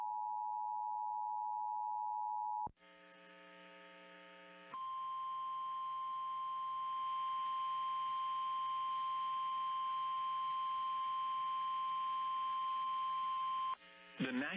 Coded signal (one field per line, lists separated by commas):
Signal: Emergency Alert System (SAME) tones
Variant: 853 and 960 Hz attention tone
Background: speech